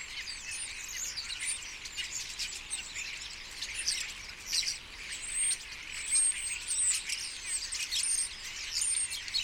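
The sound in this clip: Common starlings chattering in a flock, with continuous clicks and squeals and several thin, high, drawn-out whistles in the second half.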